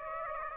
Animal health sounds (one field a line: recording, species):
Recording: mosquito wingbeat signal from an infrared sensor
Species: Aedes aegypti